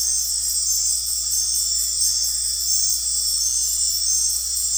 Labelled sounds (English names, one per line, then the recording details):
none
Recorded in dense forest near Puerto Asís, Putumayo, Colombia, on 9 March 2025 at 19:30
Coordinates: 0.503, -76.323
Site GP09